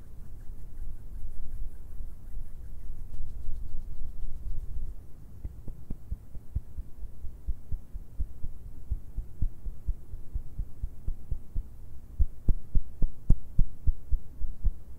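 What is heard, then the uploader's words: Hand and finger sounds over a low, dull rumble, with soft rubbing at first. From about six seconds on, short sharp taps and clicks begin, scattered and uneven, growing more frequent and louder after twelve seconds as quick bursts of tapping. ASMR HAND SOUNDS AND FINGER SOUNDS - LO FI.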